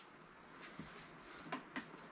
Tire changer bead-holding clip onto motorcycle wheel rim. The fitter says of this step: cleverly just go on here and snap into place and then that holds the